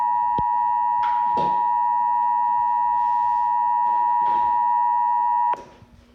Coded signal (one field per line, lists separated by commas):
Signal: Emergency Alert System (SAME) tones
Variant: 853 and 960 Hz attention tone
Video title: EAS #48 Flash Flood Warning